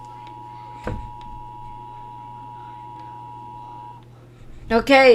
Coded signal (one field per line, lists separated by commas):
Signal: Emergency Alert System (SAME) tones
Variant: 853 and 960 Hz attention tone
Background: speech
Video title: EAS Scenario The Night of the Nightmares Reaction